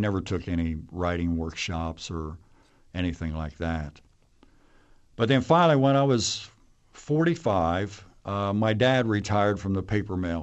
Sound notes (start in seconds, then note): none